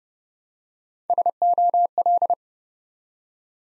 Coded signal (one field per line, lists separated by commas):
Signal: Morse code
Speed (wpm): 30 wpm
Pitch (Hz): 700 Hz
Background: none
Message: SOL